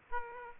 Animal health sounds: mosquito wingbeat signal from an infrared sensor; Aedes aegypti

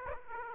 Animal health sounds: mosquito wingbeat signal from an infrared sensor; Aedes aegypti

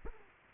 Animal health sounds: mosquito wingbeat signal from an infrared sensor; Culex quinquefasciatus

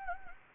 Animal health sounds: mosquito wingbeat signal from an infrared sensor; Anopheles gambiae

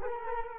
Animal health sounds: mosquito wingbeat signal from an infrared sensor; Culex quinquefasciatus

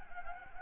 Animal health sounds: mosquito wingbeat signal from an infrared sensor; Anopheles gambiae

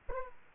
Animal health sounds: mosquito wingbeat signal from an infrared sensor; Aedes aegypti

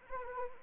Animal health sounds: mosquito wingbeat signal from an infrared sensor; Anopheles arabiensis

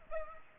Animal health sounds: mosquito wingbeat signal from an infrared sensor; Aedes aegypti

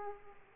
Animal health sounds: mosquito wingbeat signal from an infrared sensor; Aedes aegypti

